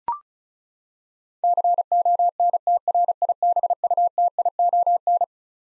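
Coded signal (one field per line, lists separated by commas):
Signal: Morse code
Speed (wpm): 36 wpm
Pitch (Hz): 700 Hz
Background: none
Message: CONTRIBUTION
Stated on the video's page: Twelve-letter word head-copy practice at 35 wpm, each word sent in Morse twice.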